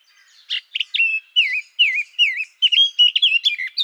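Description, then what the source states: Eurasian blackcap song: a short scratchy warble building into a run of loud, fluting whistled phrases with wavering notes. Recorded 17 June 2014 in Garching.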